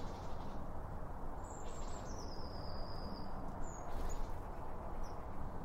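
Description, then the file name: Birds giving thin, high whistled calls, one drawn-out falling whistle and a few brief high notes, over a constant low rumbling hiss. Birds around a bird feeder, recorded with two Line Audio OM1 microphones. "Birds Around Birdfeeding With Two Om 1 From Line Audio"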